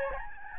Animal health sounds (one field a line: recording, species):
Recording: mosquito wingbeat signal from an infrared sensor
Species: Aedes albopictus